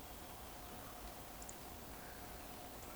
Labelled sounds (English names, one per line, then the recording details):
Eurasian Woodcock whistle
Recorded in Baden-Württemberg, Germany, on 15 June 2020 at 19:58 UTC
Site 14569, 102 m above sea level